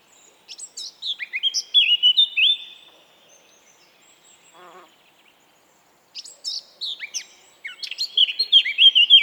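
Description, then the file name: Eurasian blackcap song: two separate phrases, each a scratchy warble running into clear fluted whistles, split by a quiet gap with a short low trill. "Sylvia atricapilla"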